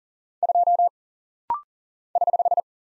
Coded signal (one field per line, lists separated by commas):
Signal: Morse code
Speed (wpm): 40 wpm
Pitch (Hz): 700 Hz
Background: none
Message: 2 <HH>